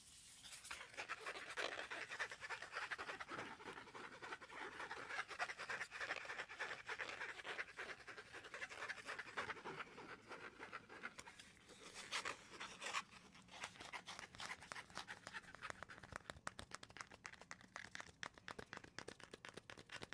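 Tapping and scratching on wood, cork and cardboard, with no talking. Dense, rapid clicks and scraping strokes run throughout, bright and crisp, with the scratching thickest in the first half and sharper, more separate taps after about twelve seconds.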